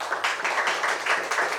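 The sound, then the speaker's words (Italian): An audience applauds for the Navigli, a dense wash of many hands clapping at once with a bright, crackling texture that swells slightly in waves, with no voices heard. “E allora adesso un applauso per i Navigli.”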